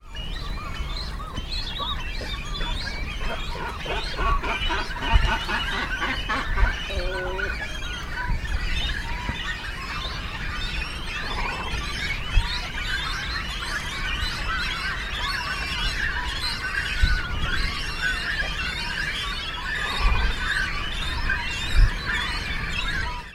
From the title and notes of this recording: At Castle Water the background noise is a continuous squeaky sound. It is the begging calls of nestling cormorants demanding to be fed. In this track there are two deeper sounds that are adults in the colony still nest building.